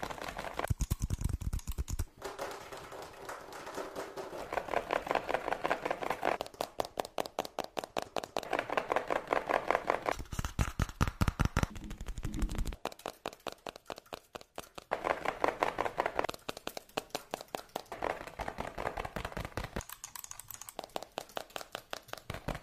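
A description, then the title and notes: Fast tapping in rapid, dense bursts of sharp clicks, pausing briefly near 2, 13 and 20 seconds, with a low rumble underneath. Fast Tapping Deluxe Edition [Binaural Eargasm].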